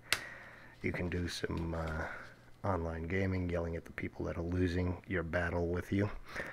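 A standard mini phono audio plug is pushed into its socket on a Plantronics RIG headset mixer and pops in with a short, sharp click at 0.1 s. The plug is seated, and someone talks afterward.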